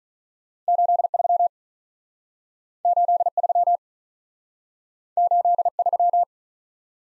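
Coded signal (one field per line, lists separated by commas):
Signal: Morse code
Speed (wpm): 46 wpm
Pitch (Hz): 700 Hz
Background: none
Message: 8 3 8 3 8 3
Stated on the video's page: Morse practice with two-character letter-number combinations, starting at 35 wpm, then slowing incrementally to a base speed, with a final repeat at maximum speed.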